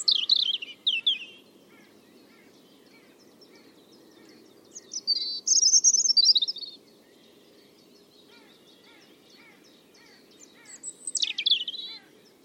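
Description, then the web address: European robin singing three separate high, liquid warbling phrases with long gaps, while faint, soft repeated notes tick quietly underneath. "Deverinetal 2025 File origin Bird Only Er Ru"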